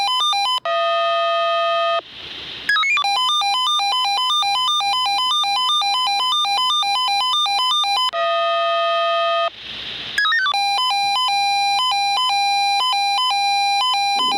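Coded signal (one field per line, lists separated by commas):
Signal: pager alert tone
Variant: Swissphone Quattro 98S pager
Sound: shrill electronic beeps warbling fast between pitches, then a steady buzzy tone, repeating three times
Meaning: Test alarm for the fire brigade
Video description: wir sehen zuerst einen Funkmeldeempfänger der Marke "Swissphone" Tp: Quattro 98S (Spreachspeicher) auslösend zum Probealarm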